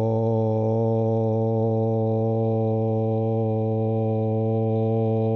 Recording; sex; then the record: sustained vowel /o/; male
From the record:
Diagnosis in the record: Parkinson's disease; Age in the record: 70 years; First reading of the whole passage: 65 s, 7.9 characters per second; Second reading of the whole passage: 60 s, 8.6 characters per second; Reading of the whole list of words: 48 s, 5.8 characters per second